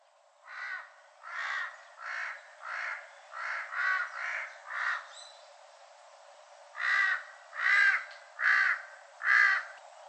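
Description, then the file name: Large-billed crow giving harsh, nasal caws in a series of several, a pause of about two seconds, then four more, louder caws. Recorded on Ishigaki, Japan, on 23 April 2012. "osahashibuto ishigaki moriya"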